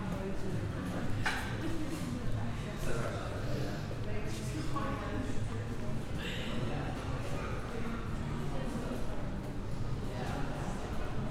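Bustling crowds fill the scene with a steady, dense murmur of overlapping chatter that never lets up. Occasional brighter footsteps and sharp clicks cut through every second or two, echoing briefly, while the overall loudness stays even throughout.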